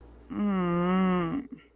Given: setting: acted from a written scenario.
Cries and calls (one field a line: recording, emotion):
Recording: vocal sound without words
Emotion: shame